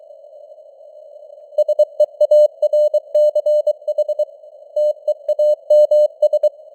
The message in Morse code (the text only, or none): SEARCH TEAMS